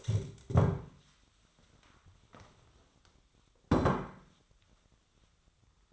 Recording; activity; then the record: daily activity, microphone in the room; stand up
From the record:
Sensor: 3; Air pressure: 1015.2 hPa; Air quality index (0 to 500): 135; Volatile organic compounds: 6 ppm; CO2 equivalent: 1918 ppm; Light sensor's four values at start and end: 14/37/15/16 and 12/29/12/12